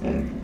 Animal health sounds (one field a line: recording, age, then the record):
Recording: pig call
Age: growing-finishing pig (85 days or more)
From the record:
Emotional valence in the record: negative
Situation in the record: barren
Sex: female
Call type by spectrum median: low-frequency call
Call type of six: low-frequency stable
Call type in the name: low-frequency stable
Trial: 3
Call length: 0.44 s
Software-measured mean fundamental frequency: 57 Hz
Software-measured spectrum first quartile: 167 Hz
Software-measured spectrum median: 265 Hz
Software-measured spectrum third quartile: 494 Hz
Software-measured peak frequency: 225 Hz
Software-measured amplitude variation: 125 dB a second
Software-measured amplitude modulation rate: 24.8 a second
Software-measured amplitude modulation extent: 5.0 dB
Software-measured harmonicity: 0.1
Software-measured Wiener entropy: -0.63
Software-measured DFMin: 748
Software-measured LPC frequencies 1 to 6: 1787, 2547, 3658, 4876, 5873, 7196 Hz